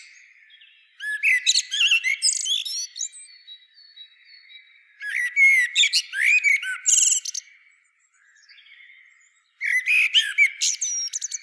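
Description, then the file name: Common blackbird giving varied squeaky, twittering song phrases in three bouts separated by short quiet gaps. "Turdus merula"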